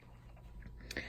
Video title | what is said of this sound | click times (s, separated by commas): Breville Juice Fountain Cold blogger review | I'm going to put the bucket underneath it that snaps into place | 0.9 s, 1.0 s